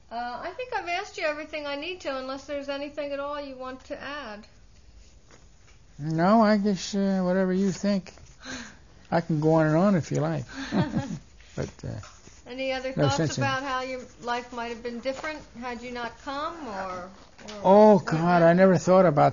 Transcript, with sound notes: I think I've asked you everything I need to unless there's anything at all you want to add.
No I just, whatever you think, I can go on and on if you like (they laugh) but, uh--
Any other thoughts about how your life might have been different had you not come or--
Oh God, I never thought about that.